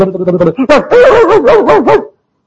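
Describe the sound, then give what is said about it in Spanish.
A person's voice imitates wolves barking: a brief voiced lead-in, then a quick run of about six loud, wavering yelps with a warbling pitch that stop abruptly. “Son lobos que ladran.”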